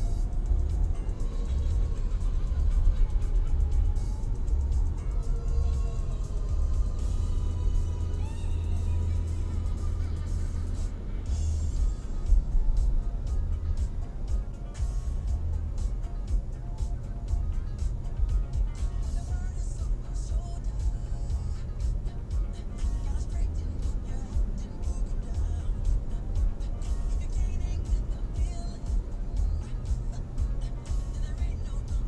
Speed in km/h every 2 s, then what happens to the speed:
21, 22, 22, 23, 25, 26, 22, 19, 16, 15, 15, 18, 22, 24, 25, 24.
0-10 steady at about 22. 10-15 slows to 16. 15-20 steady at about 15. 20-27 speeds up to 25.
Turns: none.